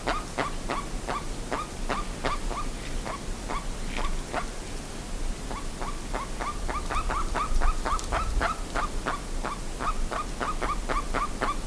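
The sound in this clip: Bird calling in a rapid, fairly steady series of short, sharp notes, continuing throughout over a constant rushing background noise.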